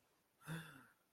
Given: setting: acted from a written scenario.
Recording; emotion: vocal sound without words; negative surprise